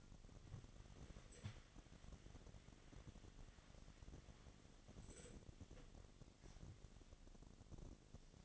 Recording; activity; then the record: daily activity, microphone in the room; wipe stove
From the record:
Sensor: 4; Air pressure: 1007.8 hPa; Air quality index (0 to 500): 196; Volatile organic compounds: 7 ppm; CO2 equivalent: 1968 ppm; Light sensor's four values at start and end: 22/71/27/26 and 22/71/27/26